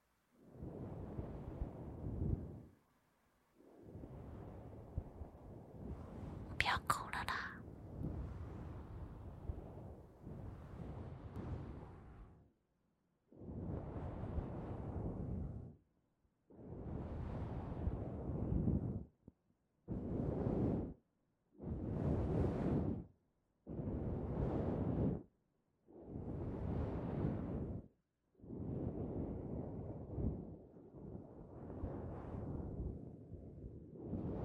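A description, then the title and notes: Fluffy mic touching: deep rumbling rubs in repeated bursts of a few seconds, separated by short silences, with a brief bright scratch near seven seconds. Fluffy Mic Touching.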